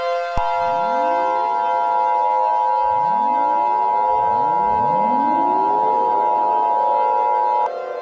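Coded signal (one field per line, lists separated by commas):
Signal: Emergency Alert System (SAME) tones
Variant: 853 and 960 Hz attention tone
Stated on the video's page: Fictional EAS alert made for a scenario.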